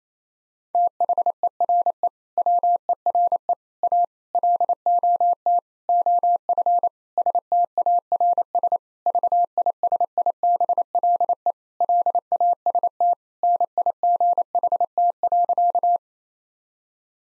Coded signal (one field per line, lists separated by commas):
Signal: Morse code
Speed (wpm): 28 wpm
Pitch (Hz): 700 Hz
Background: none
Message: THERE WERE A LOT OF STARS VISIBLE LAST NIGHT.